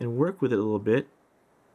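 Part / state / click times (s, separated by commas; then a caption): back tabs of a plastic transforming action figure locking the sections together / not seated / none. Someone talks while folding down the back section of a small plastic transforming action figure, Transformers Prime Beast Hunters Cyberverse Legion Smokescreen, and working the tiny plastic back tabs that lock the sections together. Speech fills the first second, then only faint low background noise remains. Nothing has seated or clicked yet.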